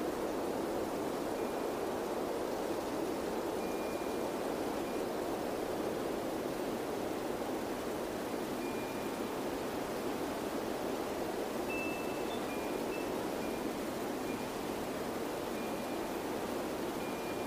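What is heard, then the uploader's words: Steady, dense wind rushes without letup, its low, full roar unchanging, while faint wind chimes ring briefly now and then, mostly in the second half. Wind Chimes + Windy Sounds.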